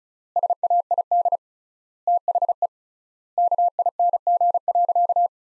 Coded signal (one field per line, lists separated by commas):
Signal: Morse code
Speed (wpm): 36 wpm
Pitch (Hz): 700 Hz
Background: none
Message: SAID THE KING.